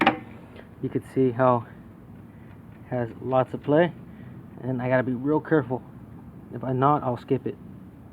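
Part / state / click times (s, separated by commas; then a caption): gear selector detent in a motorcycle gearbox / not seated / none. The gearshift lever of a 1960 BSA Gold Star Super Rocket motorcycle gearbox is worked by hand against its gear selector detent while someone talks, with a brief sharp sound at the very start. Nothing has seated or clicked into gear yet by the end of the clip.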